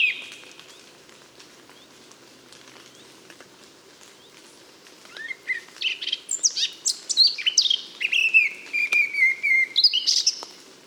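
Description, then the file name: Eurasian blackcap singing after several quiet seconds, starting softly with scratchy notes then rising into loud, fluty whistled phrases before fading. "Sylvia atricapilla"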